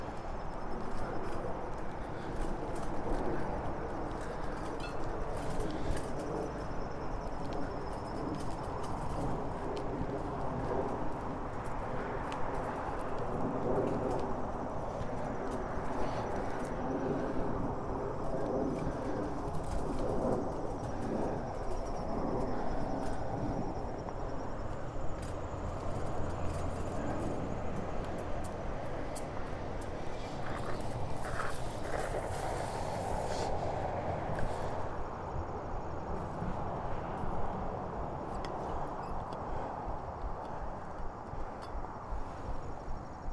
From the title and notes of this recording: A stereo recording of a bike ride from Orchard Beach to our house in Mount Vernon.